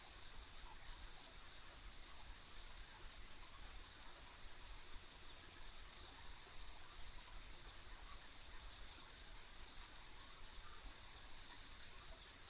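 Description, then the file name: Steady high-pitched insect chorus with faint sparkling pulses, heard over a persistent low-frequency hum. Ambient insect sounds on a country road. "田舎道の虫の環境音"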